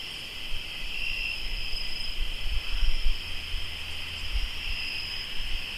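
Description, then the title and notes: Cricket chorus, an unbroken high-pitched trill over low rumbling noise. Crickets in Tlayacapan, Morelos. "Sonidos de grillos en Tlayacapan - Morelos"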